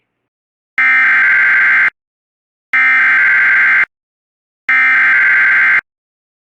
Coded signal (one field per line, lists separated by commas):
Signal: Emergency Alert System (SAME) tones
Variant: header bursts